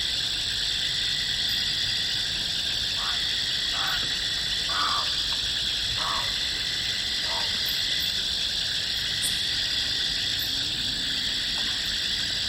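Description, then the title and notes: Frogs calling in a chorus, short tonal notes repeated irregularly over a dense, steady high-pitched insect drone. Frogs calling with insects at midnight in jungle along the Yacuma River, Bolivian Amazonia. "Insects and frogs at Yacuma River. Insects and frogs at midnight in the jungles of Bolivian Amazonia. Music for Sleep"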